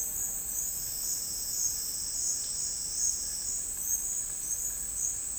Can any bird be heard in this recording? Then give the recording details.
no. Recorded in dense forest near Puerto Asís, Putumayo, Colombia, on 12 March 2025 at 12:00. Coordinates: 0.485, -76.318. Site G056